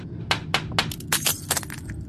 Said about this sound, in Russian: «Ебучая птица!» Также громко проорал лежащий на полу грабитель, видя, как снаружи в треснутое стекло долбится оглушенная ворона.